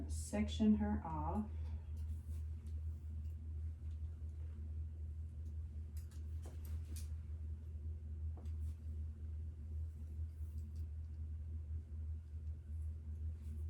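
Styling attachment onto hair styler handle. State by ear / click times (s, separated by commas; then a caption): not seated / none. A styling attachment is handled against the handle of a Dyson Airwrap hair styler. Someone talks briefly at the start over a steady low hum, with a couple of faint short ticks around 6.0 and 6.7 seconds. The attachment has not seated or clicked onto the handle yet.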